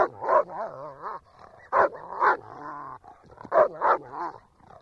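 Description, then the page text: German Shepherd dog giving throaty barks mixed with whining, wavering yelps, in bursts separated by short pauses. Quiet barking. "Звук овчарка гавкает. ЗВУКОДАР"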